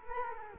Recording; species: mosquito wingbeat signal from an infrared sensor; Culex quinquefasciatus